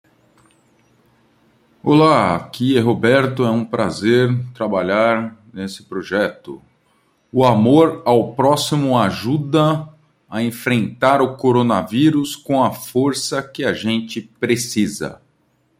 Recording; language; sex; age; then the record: spoken sentence; Brazilian Portuguese; male; 40 to 49 years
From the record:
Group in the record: control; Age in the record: 42 years